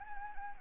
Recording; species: mosquito wingbeat signal from an infrared sensor; Anopheles arabiensis